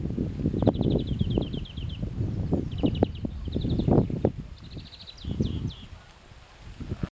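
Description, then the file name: European greenfinch giving rapid twittering trills, short series of quick repeated notes in several bursts, over steady low rumbling wind and rustling noise. "Chloris chloris"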